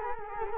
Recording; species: mosquito wingbeat signal from an infrared sensor; Culex quinquefasciatus